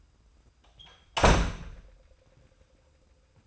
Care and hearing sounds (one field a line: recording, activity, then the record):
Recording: daily activity, microphone in the room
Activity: close door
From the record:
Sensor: 2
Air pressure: 990.3 hPa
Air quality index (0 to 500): 182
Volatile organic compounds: 1000 ppm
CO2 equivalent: 5795 ppm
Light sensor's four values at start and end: 35/81/33/33 and 35/81/33/33